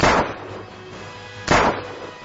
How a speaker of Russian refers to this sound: Но послышались ответные хлопки со стороны тайги.